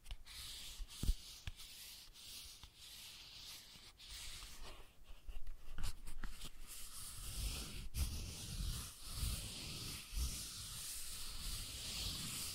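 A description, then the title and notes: Soft tracing sounds over the microphone, with a constant airy hiss in the background. Sharp little taps and scratches land every second or two. From about the midpoint, low brushing and rubbing movements grow fuller and busier before settling again. ASMR Sensitive Tracing (No Talking).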